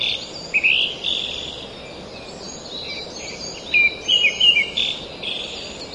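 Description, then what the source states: Pale thrush uttering a short thin whistled burst, a quiet gap, then a livelier cluster of sharp chattering notes, all against a steady hiss. Recorded in Taiwan.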